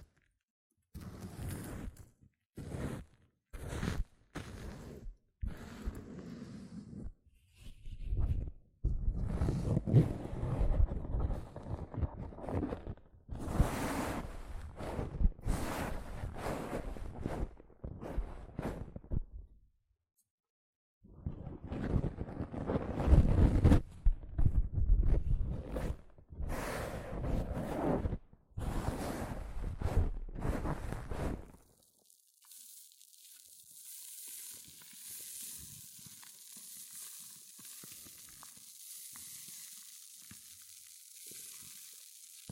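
Hair mousse fizzes and crackles in uneven bursts with brief pauses, then settles into a steady, bright, quiet hiss for the last ten seconds.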